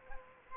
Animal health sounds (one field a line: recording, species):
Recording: mosquito wingbeat signal from an infrared sensor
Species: Culex quinquefasciatus